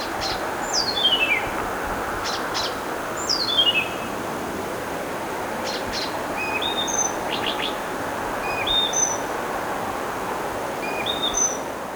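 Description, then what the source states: Birds singing: descending trilled phrases, sharp vertical chips and short whistled notes at varied pitches, several phrases every couple of seconds over steady background hiss. Singing birds recorded in the early morning.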